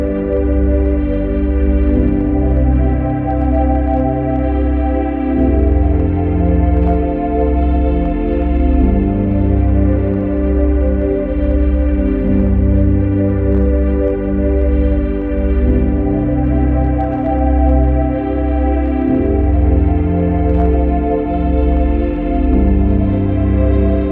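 Steady meditation tones near 295.8 Hz and 528 Hz sit inside a soft, sustained ambient drone. Underneath, a deep bass pad shifts and pulses every couple of seconds in a slow repeating pattern, at an even, unchanging loudness throughout.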